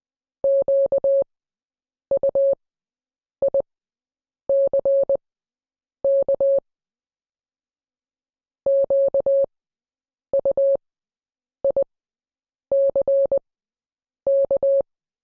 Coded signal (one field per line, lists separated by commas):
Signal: Morse code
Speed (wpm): 20 wpm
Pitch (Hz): 550 Hz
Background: none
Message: QUICK QUICK